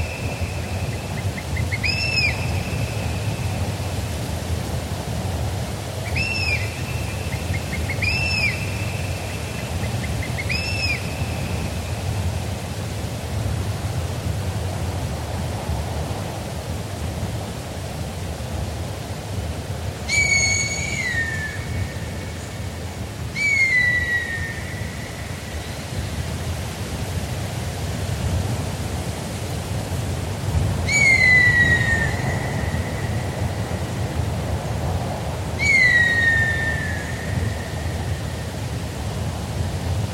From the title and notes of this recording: Forest Ambience with Birds of Prey. A cool breeze rustles the trees of the forest. Calls of a variety of birds of prey echo through the woods, including a red-tailed hawk and a tawny owl, among others.